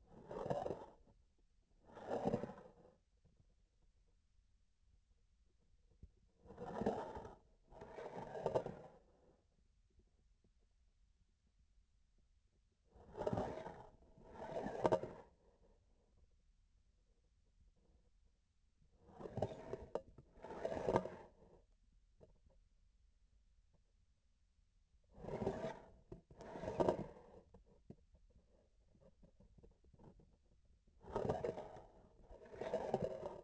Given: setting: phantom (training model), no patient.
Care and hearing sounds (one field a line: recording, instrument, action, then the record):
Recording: laparoscopic instrument, vibration sensor on the handle end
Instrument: grasping forceps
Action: approaching and retracting movements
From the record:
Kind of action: spatial motion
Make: other than Olympus